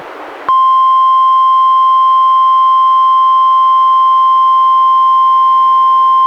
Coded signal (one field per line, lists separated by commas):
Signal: Emergency Alert System (SAME) tones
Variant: 1050 Hz attention tone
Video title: EAS #147-151: 5 NWR Required Weekly Tests- Nov. 23-Dec. 21, 2016